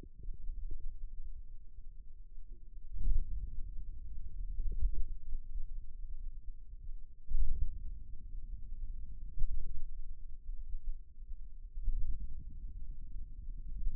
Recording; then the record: forearm muscle sounds (acoustic myography)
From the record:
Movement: hand opening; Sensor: system 2, bracelet of six BSWA MPA416 microphones around the upper forearm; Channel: 3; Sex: male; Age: 22 years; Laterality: right